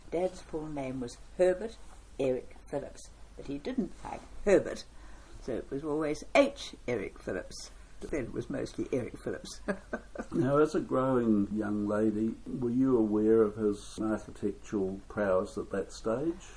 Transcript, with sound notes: Dad’s full name was Herbert Eric Phillips, but he didn’t like Herbert so it was always H Eric Phillips, but then it was mostly Eric Phillips. [Chuckle] Now as a growing young lady were you aware of his architectural prowess at that stage?